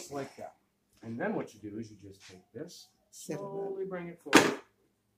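While assembling a mobility scooter, someone talks as a frame section is slowly brought forward toward its latch on the scooter frame, with faint handling sounds. The latch has not locked in place, and nothing has clicked yet.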